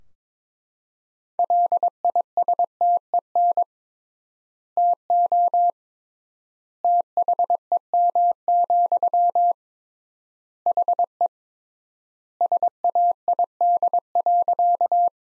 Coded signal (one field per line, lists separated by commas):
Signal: Morse code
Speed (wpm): 22 wpm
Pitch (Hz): 700 Hz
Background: none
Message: LISTEN TO THEM, HE SAID.